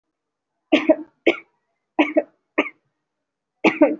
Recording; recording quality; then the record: heavy voluntary cough; excellent, no background noise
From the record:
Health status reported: recovered from COVID-19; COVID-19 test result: positive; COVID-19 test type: RT-PCR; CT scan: taken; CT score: 0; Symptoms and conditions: cough, cold, breathing difficulty, sore throat, fatigue, another respiratory illness, another condition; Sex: female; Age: 25 years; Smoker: no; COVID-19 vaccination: both doses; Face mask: worn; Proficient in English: yes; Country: India